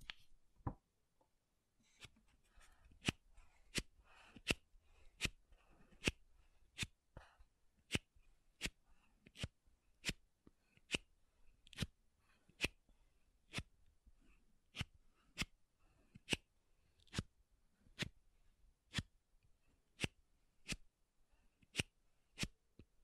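Sharp taps on makeup items repeat at a steady, fairly quick pace, each a crisp click ringing across the range. Between them runs a faint, soft scratching and rustle. After a sparse first two seconds, the tapping keeps an even rhythm to the end.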